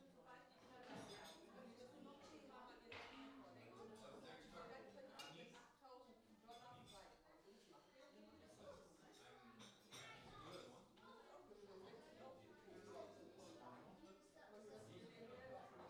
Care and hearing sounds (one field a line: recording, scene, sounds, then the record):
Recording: everyday scene through a hearing-aid microphone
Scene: many people talking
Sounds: many voices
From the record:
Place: parish hall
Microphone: in the ear canal, left